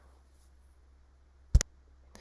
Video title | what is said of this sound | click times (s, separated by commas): $800 Grand Highlander Hitch Kit!! And, Converter Box and Trailer Wire Harness. | Wait for the click. I'll just stop there. | 1.6 s